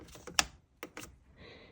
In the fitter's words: and again again until it clicks